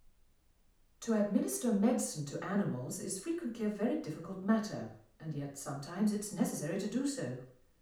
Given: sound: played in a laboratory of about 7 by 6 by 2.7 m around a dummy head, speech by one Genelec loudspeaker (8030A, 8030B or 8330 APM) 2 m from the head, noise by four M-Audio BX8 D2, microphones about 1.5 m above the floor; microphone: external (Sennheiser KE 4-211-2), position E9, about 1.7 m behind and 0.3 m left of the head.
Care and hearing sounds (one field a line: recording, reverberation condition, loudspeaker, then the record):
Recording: female speech in English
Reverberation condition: medium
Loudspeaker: 30 degrees to the left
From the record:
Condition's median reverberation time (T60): about 510 ms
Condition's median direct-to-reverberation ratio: about -0.5 dB